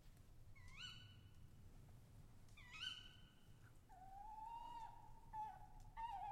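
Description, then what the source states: Owl calls: two rising squealing notes, then drawn-out level whistled tones, with a low rumble underneath. Owls calling overhead; recorded during professional travels between 2010 and 2012.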